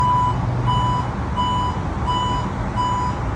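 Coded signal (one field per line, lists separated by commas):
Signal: none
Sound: train's warning beeps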